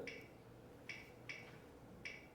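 The ratchet on the thimble of a micrometer screw gauge is turned until the spindle closes on the object and the ratchet slips at its torque limit. It gives sharp, small ticks at 0.1, 0.9 and 2.1 seconds, with another tick at about 1.3 seconds, confirming the setup is ready to take a reading.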